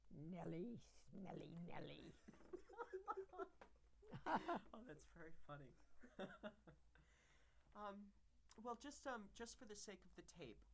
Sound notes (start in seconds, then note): 2.4 they all laugh heartily; 6.0 he laughs